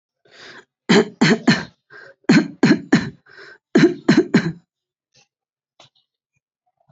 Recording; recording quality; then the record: shallow voluntary cough; excellent, no background noise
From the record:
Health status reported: healthy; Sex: male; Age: 28 years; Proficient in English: yes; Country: India